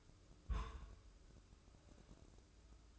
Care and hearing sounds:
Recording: daily activity, microphone in the room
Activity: place on stove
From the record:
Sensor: 2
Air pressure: 995.3 hPa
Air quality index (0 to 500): 78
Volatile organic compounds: 3 ppm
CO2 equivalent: 1382 ppm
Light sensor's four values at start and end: 22/73/29/27 and 22/73/29/27

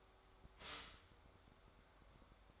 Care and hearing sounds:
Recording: daily activity, microphone in the room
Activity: stop toaster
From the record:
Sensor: 3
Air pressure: 1014.7 hPa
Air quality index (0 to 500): 200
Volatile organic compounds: 26 ppm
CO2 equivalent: 2862 ppm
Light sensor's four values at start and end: 4/10/4/4 and 4/10/4/4

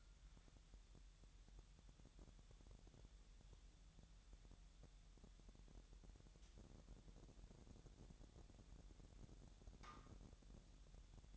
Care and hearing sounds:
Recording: daily activity, microphone in the room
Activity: wipe stove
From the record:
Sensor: 3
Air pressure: 1000.8 hPa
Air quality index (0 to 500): 248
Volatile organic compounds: 172 ppm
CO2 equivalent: 4114 ppm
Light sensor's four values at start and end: 12/27/11/11 and 12/27/11/11

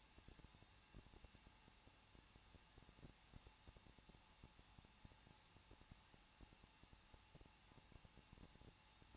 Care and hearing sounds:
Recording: daily activity, microphone in the room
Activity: no activity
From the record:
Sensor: 1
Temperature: 20.1 degrees Celsius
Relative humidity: 39.1%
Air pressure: 1006.3 hPa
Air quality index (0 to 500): 217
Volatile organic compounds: 75 ppm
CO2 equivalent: 3564 ppm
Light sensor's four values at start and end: 1/2/1/1 and 1/2/1/1

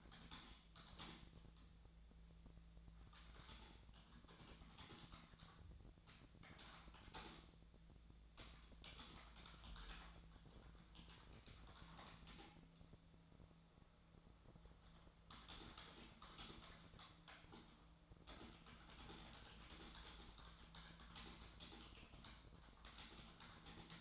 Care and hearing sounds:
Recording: daily activity, microphone in the room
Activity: typing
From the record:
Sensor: 3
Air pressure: 1000.2 hPa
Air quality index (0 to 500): 138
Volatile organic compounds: 2 ppm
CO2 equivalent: 1222 ppm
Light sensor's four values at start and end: 38/97/41/45 and 37/94/40/44

